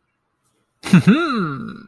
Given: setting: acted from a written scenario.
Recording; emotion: vocal sound without words; pride